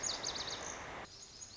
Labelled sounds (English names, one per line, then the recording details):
Lazuli Bunting
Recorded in Sonoma County, California